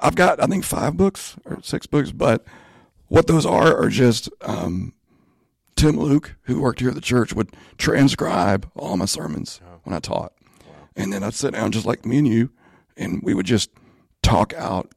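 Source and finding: Adult male speaker. Spasmodic dysphonia.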